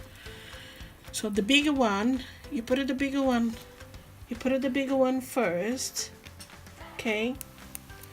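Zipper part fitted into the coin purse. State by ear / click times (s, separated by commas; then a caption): seated / 7.8 s. A zipper part is pushed home into a coin purse being assembled, the bigger one first, while someone talks. A sharp click is heard at 7.8 s as the zipper seats inside the purse.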